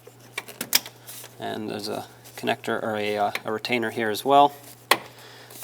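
On a 2014–2021 Mazda 6 during an AC condenser and receiver drier replacement, a plastic wiring harness retainer or connector is pressed by hand into its mount by the fan shroud while someone talks. A single sharp snap is heard at 4.9 s as the retainer seats in place.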